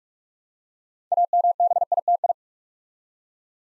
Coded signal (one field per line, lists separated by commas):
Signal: Morse code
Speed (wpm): 44 wpm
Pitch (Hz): 700 Hz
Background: none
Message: AMBITI